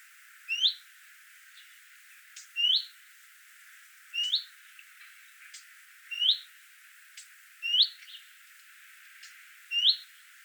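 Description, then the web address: Bird call: a sharp, upward-hooked chirp repeated six times, with faint clicks in between. Recorded in Qatar. "qatar birds presentation extracts wwcall"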